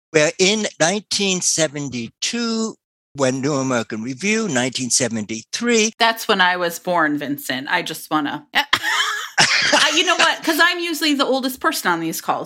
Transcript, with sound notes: We're in 1972 when New American Review 1973 - That's when I was born, Vincent. I just want to - (laughter) You know what, because I'm usually the oldest person on these calls.